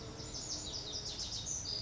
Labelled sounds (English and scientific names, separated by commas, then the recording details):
Lazuli Bunting (Passerina amoena)
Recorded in Sonoma County, California